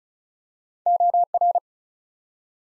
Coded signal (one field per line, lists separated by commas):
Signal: Morse code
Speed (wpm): 36 wpm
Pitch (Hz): 700 Hz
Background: none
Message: OR